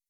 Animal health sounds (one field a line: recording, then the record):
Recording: hydrophone in a shrimp aquaculture tank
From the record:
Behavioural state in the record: weakened